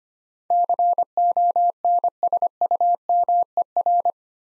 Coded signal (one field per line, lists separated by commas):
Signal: Morse code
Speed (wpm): 25 wpm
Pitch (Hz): 700 Hz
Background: none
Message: CONSUMER